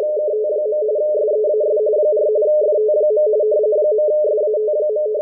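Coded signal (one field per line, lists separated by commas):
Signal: RTTY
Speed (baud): 45.45 baud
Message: KT. SEAS 4 FT. .SAT.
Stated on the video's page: WLO coast station marine weather report in RTTY-45, received at 8473 kHz on a WebSDR.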